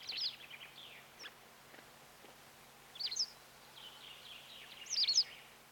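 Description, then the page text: White wagtail twittering song of thin, high chirped notes, a burst at the start, another near the middle and a louder cluster at the end. "Дарвиновский музей - Белая трясогузка"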